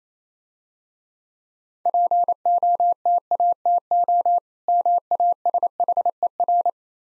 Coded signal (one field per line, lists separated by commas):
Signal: Morse code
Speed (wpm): 27 wpm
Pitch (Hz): 700 Hz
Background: none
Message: POTATO MASHER